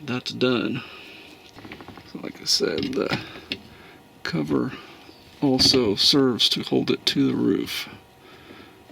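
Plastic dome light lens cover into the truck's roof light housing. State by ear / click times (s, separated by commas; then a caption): seated / 3.5 s. Someone talks while a plastic interior dome light lens cover is pressed back into the roof light housing of a GM truck after its bulbs were swapped for LEDs. A sharp tick at 3.5 seconds marks the cover snapping into place, fully seated.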